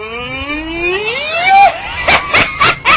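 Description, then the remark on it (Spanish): A long, drawn-out moo from Adjunta, a pet cow with a bull-like voice, that climbs steadily in pitch and grows louder, followed by four short, clipped bursts of sound in quick succession. “Tiene como voz de toro.”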